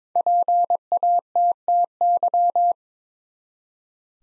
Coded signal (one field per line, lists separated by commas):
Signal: Morse code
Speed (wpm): 22 wpm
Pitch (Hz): 700 Hz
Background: none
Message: PATTY